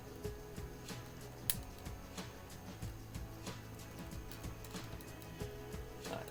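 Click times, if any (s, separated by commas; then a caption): none. A plastic building brick is pushed onto a plate for a layout module, with faint music underneath, soft scrapes and taps, and one sharp tap at about 1.5 seconds. The brick does not click in and needs to be turned to fit, so nothing has seated or clicked yet.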